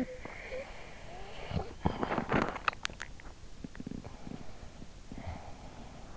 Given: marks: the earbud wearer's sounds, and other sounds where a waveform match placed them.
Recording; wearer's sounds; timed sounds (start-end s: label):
sounds in sleep by an in-ear microphone; body movement
0.00-4.96 s: body movement